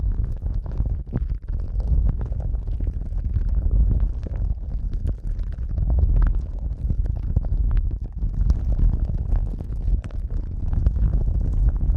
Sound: ASMR Sensitive Eardrum Massage